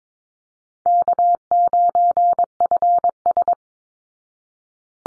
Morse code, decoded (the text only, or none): K9FS